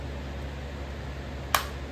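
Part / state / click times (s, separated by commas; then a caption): bicycle shifter onto handlebar / seated / 1.6 s. A twist shifter on a child's bicycle handlebar is pushed onto its keyed seat, which has a small guide tooth. After a quiet stretch with a low background hum, a single sharp snap is heard at 1.6 s as the shifter snaps into place, seated.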